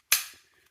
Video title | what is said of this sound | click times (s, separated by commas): Mustang power window issues. My power window has a mind of its own. | everything just clicks into place | 0.1 s